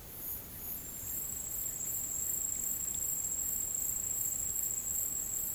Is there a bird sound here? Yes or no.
no